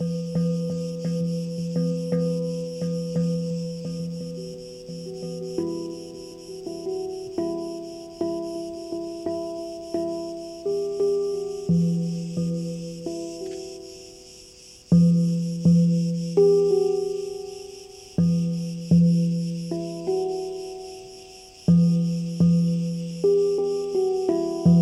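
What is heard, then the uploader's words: A handpan is played, its warm, ringing low and middle notes struck one after another and left to fade. After a brief pause near the midpoint the playing grows louder and firmer. A steady, high chirring of crickets runs underneath throughout. Handpan player in the free camping spot of Kedrodasos(Creta, August 2020).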